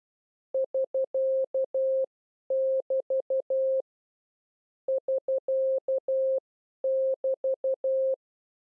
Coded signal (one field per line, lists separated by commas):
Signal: Morse code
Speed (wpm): 12 wpm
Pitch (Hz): 530 Hz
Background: none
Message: <SK><BT> <SK><BT>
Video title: How to Learn CW / Video #5 Group 2 / Pro Signs AR SK BT